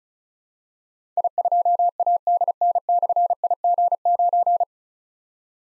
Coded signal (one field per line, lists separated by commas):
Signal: Morse code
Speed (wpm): 36 wpm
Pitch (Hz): 700 Hz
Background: none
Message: I2ADN/IG9